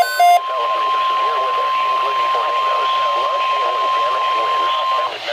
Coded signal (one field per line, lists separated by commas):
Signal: Emergency Alert System (SAME) tones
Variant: 1050 Hz attention tone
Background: speech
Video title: EAS #712: Tornado Watch #293 (6/10/2013)